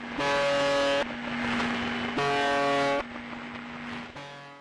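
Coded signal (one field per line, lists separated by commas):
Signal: channel marker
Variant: UVB-76 (The Buzzer)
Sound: harsh low buzzes about one second long, repeating every two seconds, over a faint hum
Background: radio static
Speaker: ये आवाज़ जो आप अभी सुन रहे हैं, ये कोई ख़राब रेडियो की आवाज़ नहीं है। एक रेडियो स्टेशन है जो पिछले 40 सालों से दिन के 24 घंटे,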